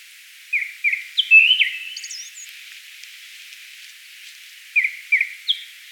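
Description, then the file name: Japanese thrush song: a few clear whistled notes and a brief flourish, then a long pause before three more whistles. "Turdus cardis"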